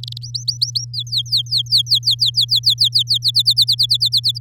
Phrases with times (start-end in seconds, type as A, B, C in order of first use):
0.03-0.18 A, 0.21-0.85 B, 0.93-3.18 C, 3.22-4.38 D